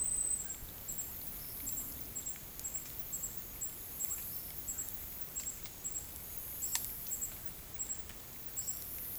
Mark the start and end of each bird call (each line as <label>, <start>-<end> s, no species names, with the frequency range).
bird call (4.1-6.1 kHz), 1.32-1.63 s
bird call (3.7-6.0 kHz), 4.22-4.51 s
bird call (3.7-6.3 kHz), 6.58-9.02 s